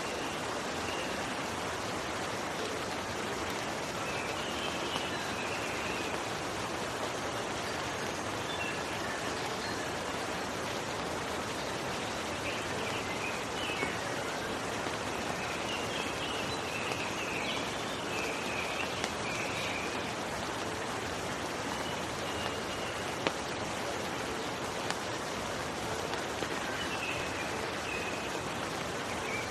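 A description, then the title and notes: Rain falls in a steady, dense hiss that stays level for the whole half minute, with no gusts or surges. Faint chirps, likely birds, rise now and then above the rain, most clearly around the middle and again near the end. Serene Rain Sounds.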